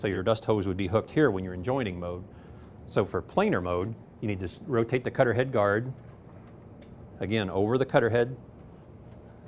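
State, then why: Not seated. A man talks while the cutter head guard, or dust hood, of a jointer-planer combo machine is being handled for planer mode, about to be rotated over the cutter head, with the dust hose hooked to the separate jointer dust hood under the infeed table for jointing mode. Speech fills the clip in bursts with quiet pauses between, and no distinct mechanical impacts stand out. The guard has not yet seated or clicked into place by the end.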